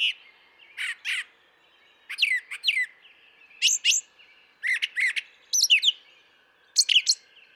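Brown thrasher singing a string of varied phrases, chirpy and buzzy notes often doubled, separated by brief gaps, over a faint steady tone.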